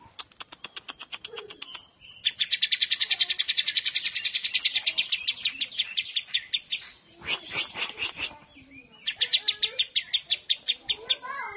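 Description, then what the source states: Lovebird chattering in fast, buzzy, high-pitched notes, a few scattered calls opening into a long, rapid rattling run that pauses briefly and then resumes. Described as konslet.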